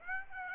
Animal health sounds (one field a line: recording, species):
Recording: mosquito wingbeat signal from an infrared sensor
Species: Aedes aegypti